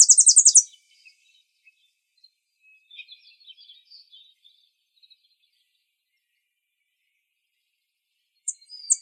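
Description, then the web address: Tennessee Warbler gives a quick burst of high repeated chips; faint soft notes follow, a long quiet gap, then a few brief high notes. From the Arizona Field Ornithologists sound library; dated 050107. "Sound Library Vermivora Parula Dendroica AZFO TEWA deviche 050107"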